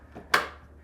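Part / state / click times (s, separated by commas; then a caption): removable battery pack into portable electric cooler battery bay / seated / 0.3 s. A removable battery pack is pushed into its bay in a 12V portable electric cooler until it clicks into the slot. A faint scrape around 0.2 seconds is followed by one sharp, bright click at 0.3 seconds that fades over the next few tenths of a second above a low, steady hum. The battery is seated.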